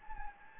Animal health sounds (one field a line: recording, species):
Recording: mosquito wingbeat signal from an infrared sensor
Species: Anopheles gambiae